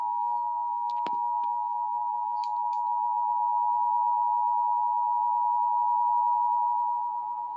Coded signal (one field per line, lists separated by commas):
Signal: Emergency Alert System (SAME) tones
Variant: 853 and 960 Hz attention tone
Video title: Stanly County, NC AMBER Alert | EAS #339 (5/11/2023)